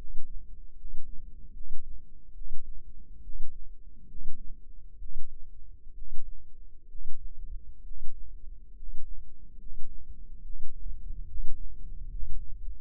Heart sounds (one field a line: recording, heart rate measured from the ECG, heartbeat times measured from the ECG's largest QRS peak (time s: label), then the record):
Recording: heart sounds by microphone in the left ear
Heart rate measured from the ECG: 69 bpm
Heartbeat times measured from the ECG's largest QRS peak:
0.74 s: heartbeat
1.52 s: heartbeat
2.33 s: heartbeat
3.21 s: heartbeat
4.06 s: heartbeat
4.98 s: heartbeat
5.93 s: heartbeat
6.87 s: heartbeat
7.82 s: heartbeat
8.73 s: heartbeat
9.56 s: heartbeat
10.41 s: heartbeat
11.25 s: heartbeat
12.08 s: heartbeat
From the record:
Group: healthy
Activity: rest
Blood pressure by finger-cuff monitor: 124/65 mmHg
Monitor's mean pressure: 81 mmHg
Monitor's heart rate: 71 bpm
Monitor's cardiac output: 7.4 L/min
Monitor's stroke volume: 105 mL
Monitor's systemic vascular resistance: 830 dyn s/cm5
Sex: male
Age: 35 years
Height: 180 cm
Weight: 86.9 kg